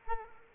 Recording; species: mosquito wingbeat signal from an infrared sensor; Culex quinquefasciatus